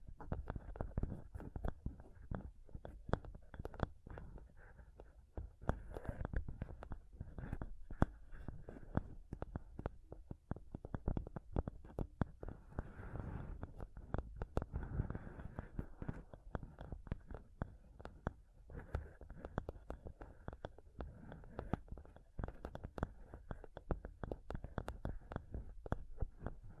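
Mic scratching and touching sounds fill all 27 seconds with dense, rapid bursts of rubbing and tapping. The sound is mostly low and thick, with sharp clicks cutting through and flaring brighter now and then. It never pauses, keeping a busy, uneven texture throughout.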